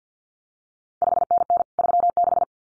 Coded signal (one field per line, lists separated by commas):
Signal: Morse code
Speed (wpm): 50 wpm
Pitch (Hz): 700 Hz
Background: none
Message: 5NN 36